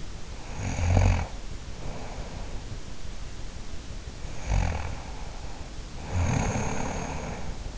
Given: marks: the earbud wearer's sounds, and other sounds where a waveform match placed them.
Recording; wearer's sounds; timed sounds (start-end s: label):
sounds in sleep by an in-ear microphone; snoring breath
0.38-2.97 s: snoring breath
4.00-7.78 s: snoring breath